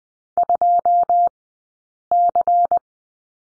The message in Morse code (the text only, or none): 2C